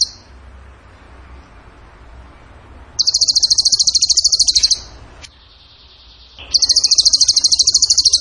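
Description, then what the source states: Bird song: after a quiet stretch, two long, evenly pulsed, very high trills, with a faint softer sound between them. Tembakan gacor song style, used as masteran to train other songbirds.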